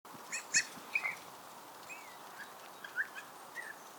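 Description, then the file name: Eurasian bullfinch calls: a few short soft notes scattered throughout, over a steady background hiss. "Pyrrhula pyrrhula"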